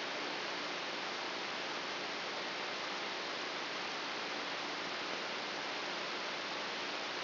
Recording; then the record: brain microelectrode recording played as sound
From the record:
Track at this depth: inside the subthalamic nucleus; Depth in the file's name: 4.502 mm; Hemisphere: left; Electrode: 2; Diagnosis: Parkinson's disease